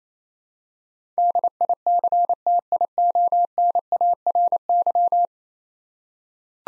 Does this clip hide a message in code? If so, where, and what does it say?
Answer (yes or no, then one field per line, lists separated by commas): yes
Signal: Morse code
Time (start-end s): 1.2-5.3 s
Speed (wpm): 28 wpm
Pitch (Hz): 700 Hz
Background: none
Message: DICTIONARY